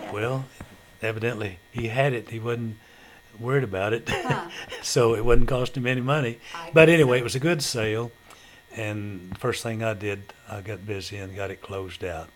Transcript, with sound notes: Well, evidently he had it he wasn't worried about it. (Chuckling)
Huh.
So it wouldn't cost him any money.
I see.
But anyway, it was a good sale and first think I did-- I got busy and got it closed out